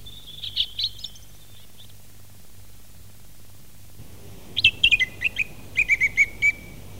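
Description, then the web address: Song thrush phrases: a short warbled burst, a pause, then sharp high notes repeated several times in quick succession, over low background hum. "fugler maaltrost"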